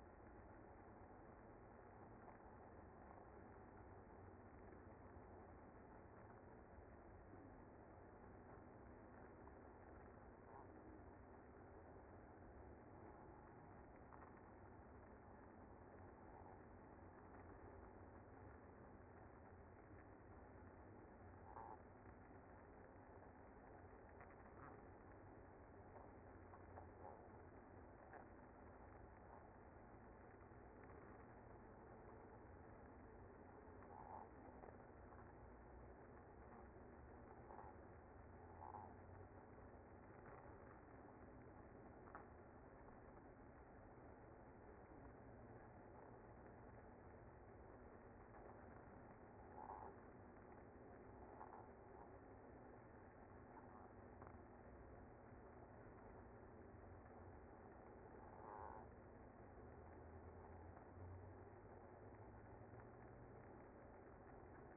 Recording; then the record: honeybee colony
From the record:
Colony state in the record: active